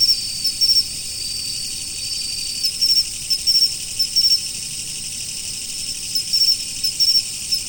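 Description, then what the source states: Insects calling, a steady high shimmering drone with short chirp bursts in spaced groups, pausing between them. Autumn insects.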